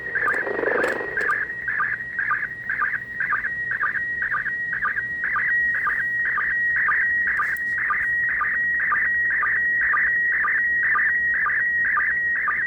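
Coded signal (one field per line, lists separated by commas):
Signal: SSTV (slow-scan television)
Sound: warbling high tone with regular short low blips about twice a second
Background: brief noise at start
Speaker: some of you all could use the audio the last bit of audio there to fine tune and practice receiving signals using your software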